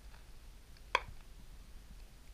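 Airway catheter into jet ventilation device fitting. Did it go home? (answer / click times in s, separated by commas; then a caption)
yes / 0.9 s. An airway exchange catheter is pushed through a jet ventilation device fitting and its orange sleeve cover. It seats with a single sharp pop at 0.9 s, after a faint tick at 0.8 s, over a quiet background.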